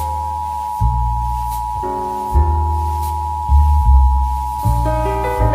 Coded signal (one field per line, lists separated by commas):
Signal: Emergency Alert System (SAME) tones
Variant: 853 and 960 Hz attention tone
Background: music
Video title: Hice una EAS daviess greene martin en eas builder en mi PC